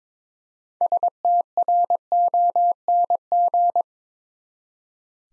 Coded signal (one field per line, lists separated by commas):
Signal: Morse code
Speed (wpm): 22 wpm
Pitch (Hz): 700 Hz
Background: none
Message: STRONG